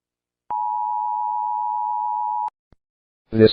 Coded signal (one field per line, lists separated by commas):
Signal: Emergency Alert System (SAME) tones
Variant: 853 and 960 Hz attention tone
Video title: EAS Scenario: Fleetway's Wrath